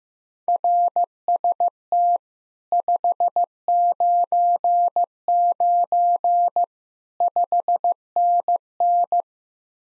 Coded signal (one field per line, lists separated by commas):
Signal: Morse code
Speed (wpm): 15 wpm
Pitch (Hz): 700 Hz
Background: none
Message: RST 599 5NN